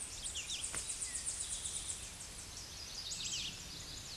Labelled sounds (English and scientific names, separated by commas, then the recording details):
Chestnut-sided Warbler (Setophaga pensylvanica) song
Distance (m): 20 m
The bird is about level with the microphone
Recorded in a Pennsylvania forest on 16 May 2024 at 07:59
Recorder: AudioMoth, point MSD-2039
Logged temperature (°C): 15.0 °C
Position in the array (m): 80 m, 71 m